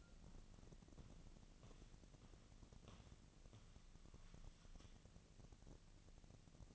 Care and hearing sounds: daily activity, microphone in the room; walk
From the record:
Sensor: 4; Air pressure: 1013.0 hPa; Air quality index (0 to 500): 172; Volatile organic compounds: 2 ppm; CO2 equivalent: 1094 ppm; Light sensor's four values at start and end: 71/174/74/79 and 70/172/74/78

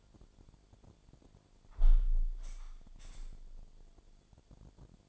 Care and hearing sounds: daily activity, microphone in the room; close window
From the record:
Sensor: 5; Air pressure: 1006.5 hPa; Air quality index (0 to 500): 184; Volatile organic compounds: 5 ppm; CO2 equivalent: 1753 ppm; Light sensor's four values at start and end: 57/161/63/63 and 57/161/63/63

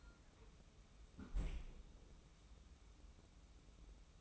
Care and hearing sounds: daily activity, microphone in the room; close fridge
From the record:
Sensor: 1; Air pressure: 994.4 hPa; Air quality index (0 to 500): 220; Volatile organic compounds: 1000 ppm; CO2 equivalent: 7921 ppm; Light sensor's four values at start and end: 102/227/102/107 and 112/252/112/120

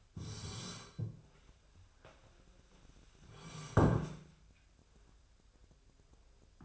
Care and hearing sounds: daily activity, microphone in the room; sit down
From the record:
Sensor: 2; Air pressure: 1015.1 hPa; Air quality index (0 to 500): 172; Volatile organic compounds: 10 ppm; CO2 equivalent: 2241 ppm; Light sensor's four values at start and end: 10/25/10/11 and 12/33/13/14

